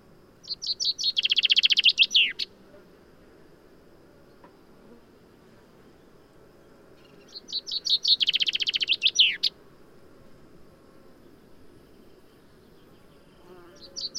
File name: Fringilla coelebs